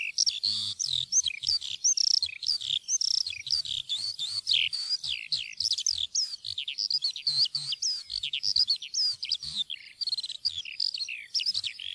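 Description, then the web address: Eurasian skylark song: a rapid, unbroken stream of high chirps, trills and warbled notes pouring on without pause throughout, with only faint low rumbles beneath. "fuglelyder- sanglerke"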